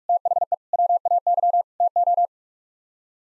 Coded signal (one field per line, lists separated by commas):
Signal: Morse code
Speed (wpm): 45 wpm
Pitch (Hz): 700 Hz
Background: none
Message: THE WAY TO